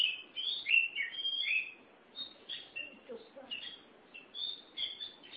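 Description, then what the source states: Oriental magpie-robin pouring out rapid whistled and chattered notes, busy at first, then thinner spaced chirps toward the end. Chirping song (kicauan) of the bird.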